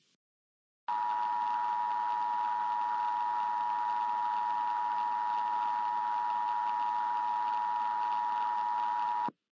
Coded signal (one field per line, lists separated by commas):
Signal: Emergency Alert System (SAME) tones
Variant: 853 and 960 Hz attention tone